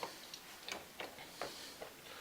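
A CPU cooler's four plastic push pins are being handled and pressed toward the motherboard holes, producing a series of light, sharp ticks and taps at roughly 0.0, 0.3, 0.7, 1.0, 1.4 and 1.8 seconds over a faint background hiss. Nothing has seated or clicked yet; the pins are not yet home.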